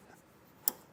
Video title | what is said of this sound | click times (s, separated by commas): etrailer - Installing the Air Lift WirelessAIR Suspension System on a 2019 Ford F-250 Super Duty | and make sure you push it till it clicks, and then push that little yellow or little gray tab | 0.7 s